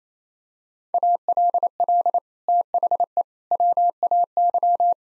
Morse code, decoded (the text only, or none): ALL THE WAY